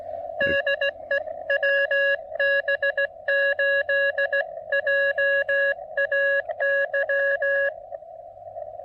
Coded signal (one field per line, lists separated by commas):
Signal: Morse code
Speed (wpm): 16 wpm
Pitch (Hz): 1650 Hz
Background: none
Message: DE WB8JAY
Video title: POTA QRP and DX at Cap Tourmente National Wildlife Area in St-Joachim, Québec